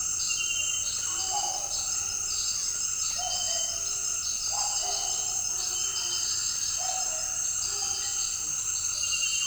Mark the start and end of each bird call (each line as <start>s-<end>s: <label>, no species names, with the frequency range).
1.13s-2.32s: bird call (0.2-1.4 kHz)
3.13s-3.72s: bird call (0.5-1.2 kHz)
4.41s-5.47s: bird call (0.5-1.2 kHz)
6.73s-8.54s: bird call (0.4-1.6 kHz)